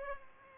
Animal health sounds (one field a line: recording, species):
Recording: mosquito wingbeat signal from an infrared sensor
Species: Culex pipiens